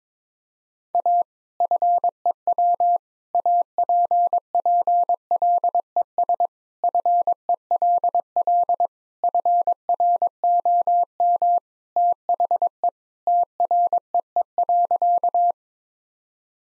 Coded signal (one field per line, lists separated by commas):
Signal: Morse code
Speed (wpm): 21 wpm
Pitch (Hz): 700 Hz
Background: none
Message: A FEW APPLES FELL FROM THE TREE.